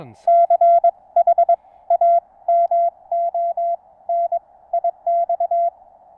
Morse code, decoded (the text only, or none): CHAMONIX